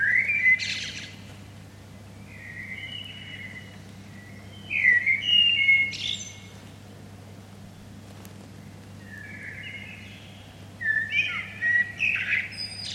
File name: Turdus merula